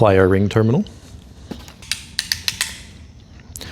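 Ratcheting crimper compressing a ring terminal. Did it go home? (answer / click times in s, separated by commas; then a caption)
yes / 2.2 s. Someone talks briefly as a ring terminal on stripped wire is crimped with a ratcheting crimper, squeezed all the way down until the ratchet clicks. A series of sharp ratchet ticks runs from about 1.9 to 2.6 s, with the decisive click at 2.2 s, confirming the crimp.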